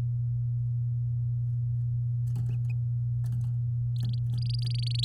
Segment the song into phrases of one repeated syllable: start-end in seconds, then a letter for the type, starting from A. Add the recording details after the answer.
3.96-5.05 A. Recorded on 9 May 2018 at 06:00. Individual llb16